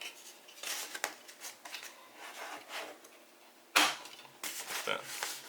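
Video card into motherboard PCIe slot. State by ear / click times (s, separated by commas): seated / 1.0 s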